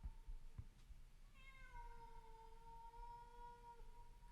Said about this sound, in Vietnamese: Một con mèo hoang từ trong bụi rậm chui ra, nó tiến về phía cái xác rồi cúi xuống hít hít người người. Đoạn, con mèo ánh mắt xanh lè lè kêu lên những tiếng man dại.